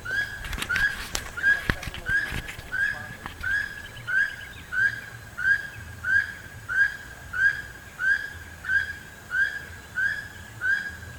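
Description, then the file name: Keel-billed toucan calling: a rasping, croaking note repeated steadily about one and a half times a second, with a few sharp taps early on. "Keel billed Toucan Ramphastos sulfuratus"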